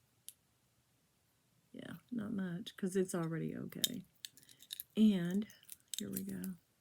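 A jewelry clasp tongue on a sterling silver bracelet or necklace is handled into its box clasp housing while someone talks, with a few faint, short ticks of handling around the middle. The clip ends before the tongue goes home, so nothing has seated or clicked yet.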